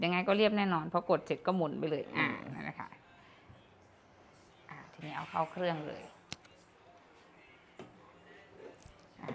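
A tamped metal espresso portafilter is being handled on its way up into the espresso machine's group head, where it will be turned until it locks. Someone talks, followed by a few faint knocks and taps and one sharp tick at about 6.3 s. Nothing has seated or clicked yet.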